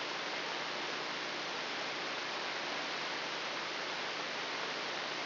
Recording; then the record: brain microelectrode recording played as sound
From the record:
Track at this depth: inside the subthalamic nucleus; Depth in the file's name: 3.108 mm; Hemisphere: left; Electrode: 3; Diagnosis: Parkinson's disease